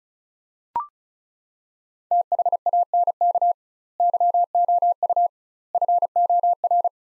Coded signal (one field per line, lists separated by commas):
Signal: Morse code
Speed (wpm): 36 wpm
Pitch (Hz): 700 Hz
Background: none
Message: THANK YOU FOR